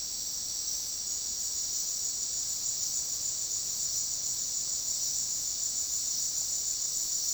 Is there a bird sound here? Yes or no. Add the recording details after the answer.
no. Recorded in secondary vegetation near Puerto Asís, Putumayo, Colombia, on 20 February 2024 at 15:30. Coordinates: 0.468, -76.324. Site G6381